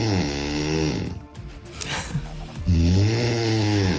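A woman snoring in her sleep at home in Trebin, Brandenburg: two loud, low, droning snores with a quieter breath between them.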